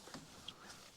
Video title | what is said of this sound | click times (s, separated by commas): Wildlands Roof Top Tent - Options for setup | so that locks the whole thing forward now | 0.1 s, 0.5 s